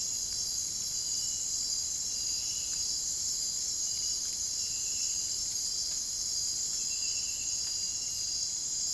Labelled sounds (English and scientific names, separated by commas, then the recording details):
none
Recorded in dense forest near Puerto Asís, Putumayo, Colombia, on 23 June 2025 at 01:00
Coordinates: 0.503, -76.323
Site G059